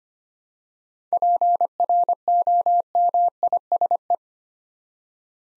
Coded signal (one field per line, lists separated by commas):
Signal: Morse code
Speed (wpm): 25 wpm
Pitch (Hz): 700 Hz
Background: none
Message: PROMISE